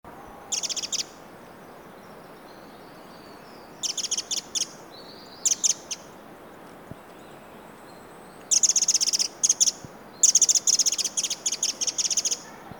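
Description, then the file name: Eurasian wren giving scolding rattles, short bursts of rapid hard clicks repeated at irregular gaps, the longest rattles near the end, over low steady hiss. "Troglodytes troglodytes"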